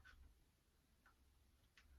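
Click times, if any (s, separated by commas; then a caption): none. A second split shim is slid over the first one around the clamping area of a bicycle quill stem adaptor and pushed along by hand. Three short, faint ticks of handling are heard over a low hum, the sharpest at about 1.8 s. Nothing has seated or clicked into place yet.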